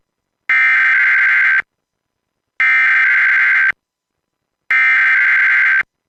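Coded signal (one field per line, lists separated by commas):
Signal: Emergency Alert System (SAME) tones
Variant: header bursts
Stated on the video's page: Automated required weekly tests from station WDFA.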